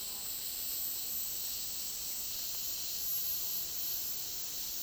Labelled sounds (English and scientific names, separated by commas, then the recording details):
none
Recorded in dense forest near Puerto Asís, Putumayo, Colombia, on 19 February 2024 at 11:30
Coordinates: 0.499, -76.324
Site G6469